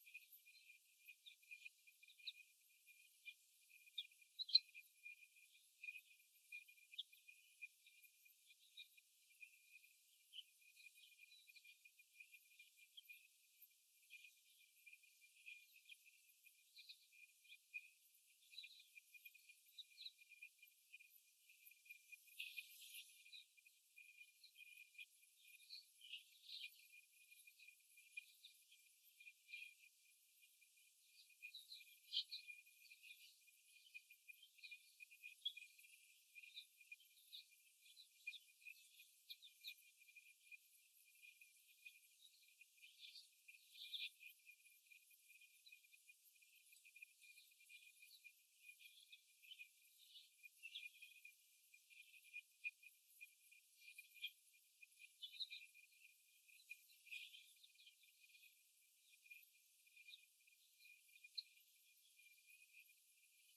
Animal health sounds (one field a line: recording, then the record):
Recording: young laying hens in a cage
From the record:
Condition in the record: after the stressor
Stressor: simulated dog barking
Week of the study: 1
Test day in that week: 1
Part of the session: 2